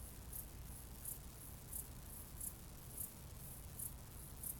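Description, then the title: Cicada giving brief, very high pulses repeated steadily, some louder than others, over a steady low drone. "jsfanclub_cicade"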